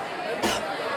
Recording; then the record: coughing mixed with background sound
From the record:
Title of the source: 61 morning phlegmy cough...again